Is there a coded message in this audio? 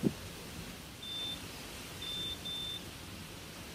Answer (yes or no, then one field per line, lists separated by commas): no